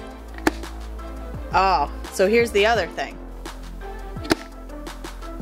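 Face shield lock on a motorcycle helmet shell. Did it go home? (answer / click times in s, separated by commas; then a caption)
yes / 4.3 s. The plastic face-shield lock on a Ruroc Atlas 2.0 motorcycle helmet shell is closed, engaging on a pin with a sharp click at 4.3 s, and the shield is seated shut. Someone talks midway through the clip, and a similar brief tick is heard at about 0.5 s.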